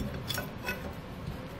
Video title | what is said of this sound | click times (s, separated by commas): etrailer - Detailed Breakdown of the Accessory Mounting Plate for Exposed Racks | all the way down and locks into place | 0.3 s